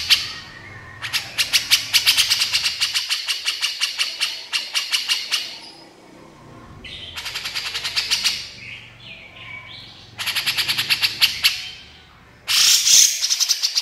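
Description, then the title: Horsfield's bush lark song: long runs of very fast, high chips broken by brief pauses, ending in a louder burst. Very vigorous song used as a training recording (masteran) for cage birds. "MASTERAN AMPUH KICAUAN BRANJANGAN SUPER GACOR"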